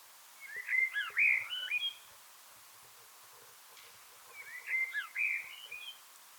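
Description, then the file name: Eurasian blackbird song: two similar looping, melodious phrases separated by a few seconds of quiet. "Turdus merula"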